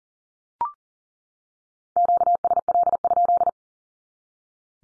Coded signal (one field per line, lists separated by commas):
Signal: Morse code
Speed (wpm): 40 wpm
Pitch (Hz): 700 Hz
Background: none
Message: QSL?